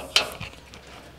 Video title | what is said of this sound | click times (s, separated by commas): Wonky Wrenches Part 2! The CAR WIZARD tests even more odd, 'miracle'' tools | you have to push in this direction for it to lock into place now | 0.2 s